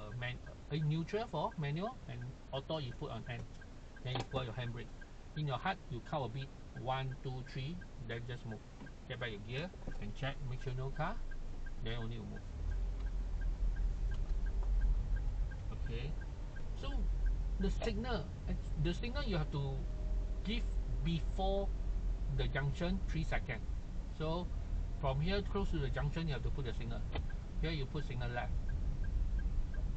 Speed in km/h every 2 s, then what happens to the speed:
0, 0, 0, 0, 0, 0, 8, 13, 15, 18, 19, 19, 19, 19, 19.
0-10 standing. 10-19 pulls away to 19. 19-30 steady at about 19.